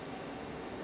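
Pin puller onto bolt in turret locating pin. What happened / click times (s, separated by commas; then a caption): No seating click; only steady room noise while the tool is handled / none. A metal pin puller (slide hammer) is being snapped onto the head of an M6 bolt threaded into a live-tool locating pin in a Haas lathe turret. Only a steady, broadband hum-like noise is heard, with no distinct hits or clicks. Nothing has seated or latched yet.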